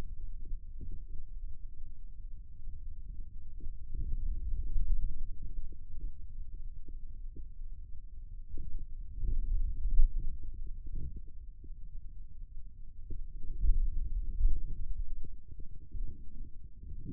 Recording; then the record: forearm muscle sounds (acoustic myography)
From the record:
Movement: hand opening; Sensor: system 2, bracelet of six BSWA MPA416 microphones around the upper forearm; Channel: 3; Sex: male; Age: 22 years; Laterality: right